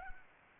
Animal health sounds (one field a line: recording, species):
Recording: mosquito wingbeat signal from an infrared sensor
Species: Anopheles arabiensis